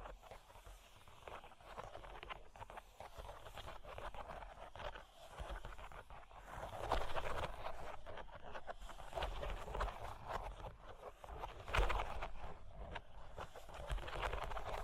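Cork and wood are scratched and traced in a dense, continuous rasp, with quick, irregular strokes packed closely together. The sound is mostly mid and bright, swelling in intensity around seven seconds and again near twelve, where a sharper tap stands out.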